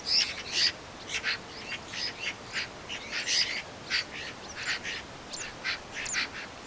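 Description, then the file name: Eurasian magpie giving harsh, rasping chatter notes in quick irregular bursts. "Pica pica"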